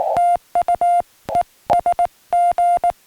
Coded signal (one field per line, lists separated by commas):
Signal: Morse code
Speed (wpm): 18 wpm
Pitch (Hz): 700 Hz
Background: music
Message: TU ESG